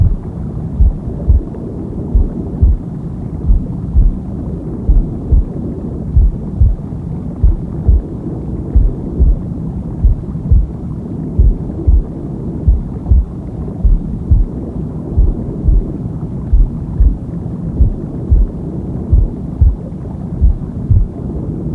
Womb Sound with Heartbeat.